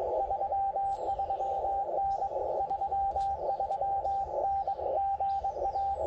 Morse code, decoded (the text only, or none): 33N 33N GA